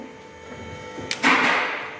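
The two split halves of a plastic or rubber rear stabilizer (anti-roll) bar bushing on a Volkswagen Touareg NF are pressed together around the bar during bushing replacement for a knock in the rear suspension. After a quiet stretch, a single sharp click at 1.1 s marks the halves snapping together and seating, followed by a louder broadband rustling that slowly fades.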